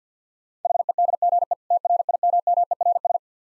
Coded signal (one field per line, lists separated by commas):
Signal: Morse code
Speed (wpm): 50 wpm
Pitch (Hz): 700 Hz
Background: none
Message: HEDGE TRIMMERS